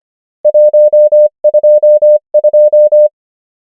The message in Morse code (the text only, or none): 1 2 2